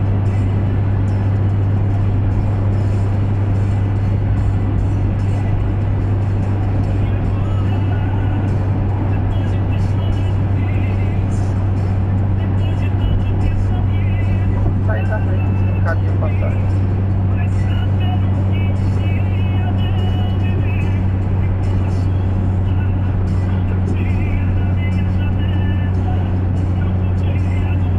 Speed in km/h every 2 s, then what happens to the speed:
114, 114, 114, 112, 112, 111, 110, 110, 109, 109, 108, 107, 105, 105.
0-28 steady at about 110.